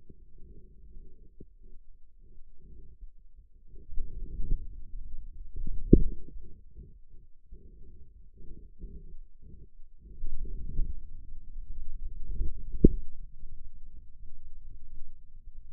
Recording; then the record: forearm muscle sounds (acoustic myography)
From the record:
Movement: outward rotation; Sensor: system 2, bracelet of six BSWA MPA416 microphones around the upper forearm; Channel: 1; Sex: male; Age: 22 years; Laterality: right